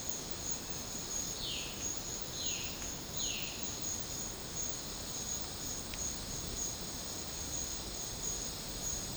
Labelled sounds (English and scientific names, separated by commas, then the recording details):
Violaceous Jay (Cyanocorax violaceus)
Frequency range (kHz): Violaceous Jay (Cyanocorax violaceus) 2.1-5.1 kHz
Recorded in dense forest near Puerto Asís, Putumayo, Colombia, on 13 March 2025 at 12:00
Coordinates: 0.500, -76.322
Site GP06